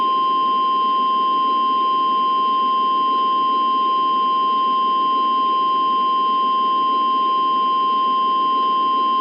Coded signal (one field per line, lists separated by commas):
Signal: Emergency Alert System (SAME) tones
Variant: 1050 Hz attention tone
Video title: EAS - Tornado Warning: Memphis, TN (4/26/11) [Remastered]